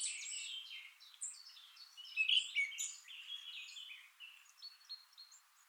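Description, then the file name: Eurasian blackcap giving a quick jumble of high warbled and chattering notes, starting strongly, then thinning to softer scattered notes. "Sylvia atricapilla"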